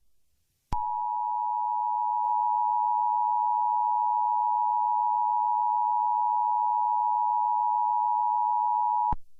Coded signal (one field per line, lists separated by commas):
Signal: Emergency Alert System (SAME) tones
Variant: 853 and 960 Hz attention tone